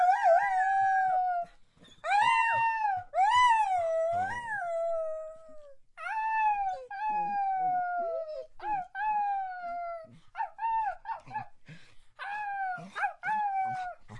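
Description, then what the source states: Dog giving wavering, howl-like whines one after another, some rising and falling in pitch, with short gaps between them. Dog begging.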